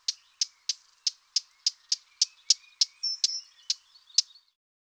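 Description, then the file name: Eurasian blackcap giving hard, dry tacking calls, about three sharp clicks a second, repeated steadily for over four seconds, with a brief thin whistle near three seconds. "Fauvette-à-tête-noire"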